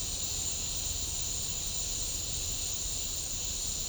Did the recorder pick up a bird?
no